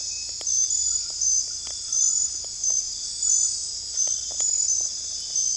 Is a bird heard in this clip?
no